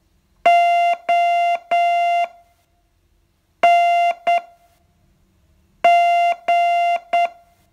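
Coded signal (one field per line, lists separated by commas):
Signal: Morse code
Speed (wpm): 9 wpm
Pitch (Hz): 690 Hz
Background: none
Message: ONG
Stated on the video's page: Morse training lesson, day 41 of a 42-day course.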